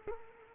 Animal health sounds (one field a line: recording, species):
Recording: mosquito wingbeat signal from an infrared sensor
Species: Culex quinquefasciatus